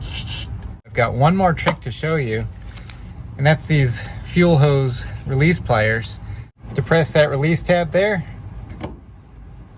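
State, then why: Released. Fuel hose release pliers squeeze the release tab of a plastic quick-connect fuel line fitting on the fuel pump/tank line of a 2003 Toyota Highlander while someone talks. A sharp click at 8.8 s marks the fitting unlatching, confirming the fuel line has released so it can be twisted and pulled off.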